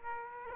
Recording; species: mosquito wingbeat signal from an infrared sensor; Aedes aegypti